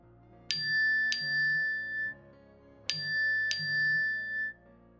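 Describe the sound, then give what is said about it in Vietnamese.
A phone's text message notification tone: a bright electronic chime plays twice, each time as a pair of quick high tinkling notes over a soft tonal hum, with a short pause between the two rounds. “Âm báo tin nhắn vang lên, Trâm mỉm cười.”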